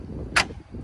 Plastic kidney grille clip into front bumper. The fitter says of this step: there you go clicked in everything's like a snapping thing so you should hear it that's how you know it goes in properly